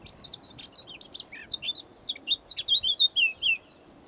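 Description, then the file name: Eurasian blackcap warbling song: fast run of scratchy, varied chirps that ends in clearer, fluty descending notes, all packed into about three and a half seconds. "Sylvia atricapilla"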